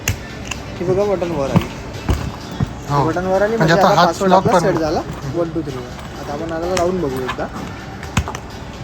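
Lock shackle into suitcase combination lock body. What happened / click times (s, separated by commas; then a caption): The lock shackle snapped shut into the lock body / 8.2 s. Someone talks while a suitcase combination lock, set to the code 1-2-3, has its metal shackle or latch pushed home into the lock body. Short sharp clicks sound near the end, with the shackle clicking shut at 8.2 s. The lock is then locked.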